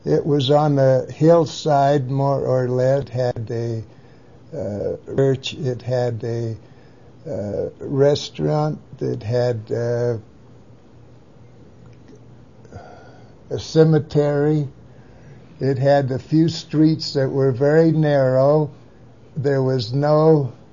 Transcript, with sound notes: It was on a hillside more or less had a church, it had a restaurant, it had -a— (long gap) a cemetery, it had a few streets that were very narrow there was no